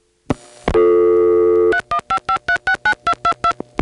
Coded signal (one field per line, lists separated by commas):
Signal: DTMF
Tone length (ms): 90 ms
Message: 3155369222